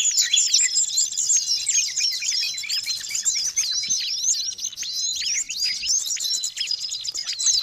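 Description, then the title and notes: Birds calling in a lively jumble of high chirps, swoops and trills without a break. Noisy birds, used as a lure to attract wild birds. "Master Burung Ribut Durasi Panjang. Burung Ribut Pikat"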